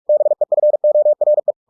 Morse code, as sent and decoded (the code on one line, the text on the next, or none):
-... . ..-. --- .-. .
BEFORE